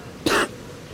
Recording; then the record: coughing mixed with background sound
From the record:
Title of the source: 60 coughing still (deep and wet cough)